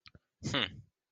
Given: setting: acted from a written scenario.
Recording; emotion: vocal sound without words; contempt